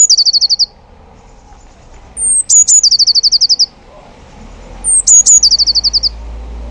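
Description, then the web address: Eurasian blue tit, loud and clear: fast rattling trills given in three bursts, the second and third each opened by high sharp notes. "cianscape. Deverinetal"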